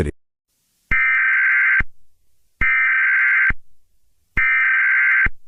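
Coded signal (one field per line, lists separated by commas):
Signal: Emergency Alert System (SAME) tones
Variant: header bursts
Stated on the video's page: Fictional EAS scenario.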